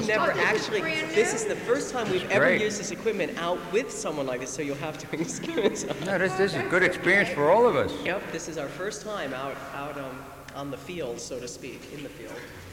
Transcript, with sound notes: We've never actually, this is the first time we've ever used this equipment out with someone like this, so you'll have to excuse us. ( he laughs )
This is good experience for all of us.
This is our first time out on the field, so to speak, in the field.